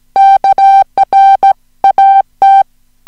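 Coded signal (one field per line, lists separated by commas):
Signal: Morse code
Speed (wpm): 17 wpm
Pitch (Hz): 780 Hz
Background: music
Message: KR AT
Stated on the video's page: Hand-sent Morse on a Junker straight key at about 15 wpm, recorded uncut with errors corrected, as plain-text copy practice of a short story.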